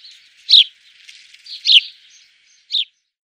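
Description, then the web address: House sparrow giving sharp, downslurred chirps at irregular intervals, with softer scratchy twitters between the louder notes. "Schulze Peter House Sparrow song"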